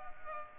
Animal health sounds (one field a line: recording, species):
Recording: mosquito wingbeat signal from an infrared sensor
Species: Culex pipiens